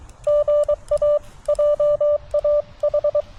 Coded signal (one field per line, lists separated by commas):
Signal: Morse code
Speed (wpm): 23 wpm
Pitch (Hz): 590 Hz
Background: none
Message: GA JAH